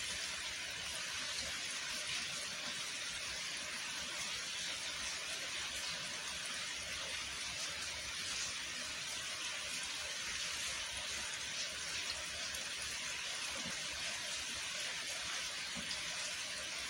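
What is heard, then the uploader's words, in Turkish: Rain falls in a steady, dense hiss that stays at the same level from start to finish. The bright, fine patter is layered over a soft low rumble, with a few faint isolated taps near the end. Yağmur Sesi.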